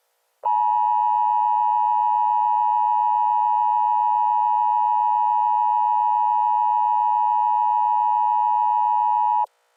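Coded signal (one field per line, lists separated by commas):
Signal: Emergency Alert System (SAME) tones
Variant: 853 and 960 Hz attention tone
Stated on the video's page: Fictional EAS scenario for a fire tornado warning.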